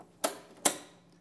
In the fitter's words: these are the legs popping into place